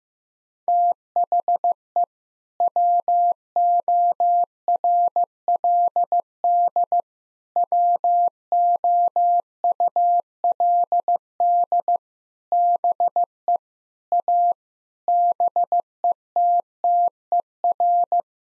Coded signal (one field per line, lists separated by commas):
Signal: Morse code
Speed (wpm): 15 wpm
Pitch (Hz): 700 Hz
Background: none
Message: THE WORLD WOULD BE A BETTER